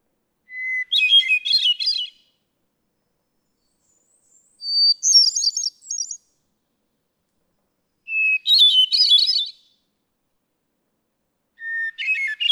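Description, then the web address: Hermit thrush song in three spaced phrases and the start of a fourth, each beginning with a long pure note and spilling into a flutelike jumble, at varying pitches. "birdsongforthecurious Hermit Thrush"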